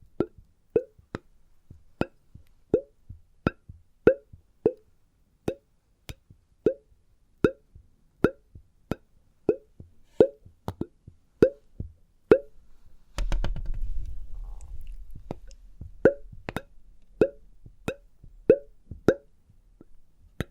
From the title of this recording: Experimental Triggers in Test Tubes